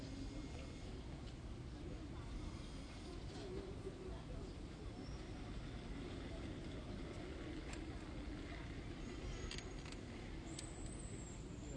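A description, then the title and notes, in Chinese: Shuanglian market in Taipei: a steady, dense murmur of crowd voices over a heavy low rumble, like traffic passing nearby. The level stays even throughout, with brief faint clinks and thin high tones around the ninth to eleventh seconds. 台北雙連市集。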